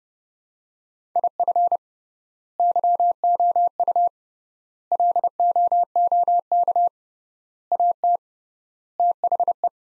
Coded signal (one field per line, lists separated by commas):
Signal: Morse code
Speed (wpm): 30 wpm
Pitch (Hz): 700 Hz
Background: none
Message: IF YOU LOOK AT THE